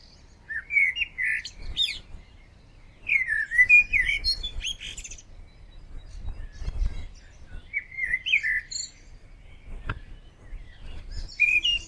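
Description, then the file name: Common blackbird singing mellow, fluty warbled phrases that end in high, squeaky twitters, with pauses of a few seconds between phrases; a low rumble and a single sharp knock underneath. "Turdus merula"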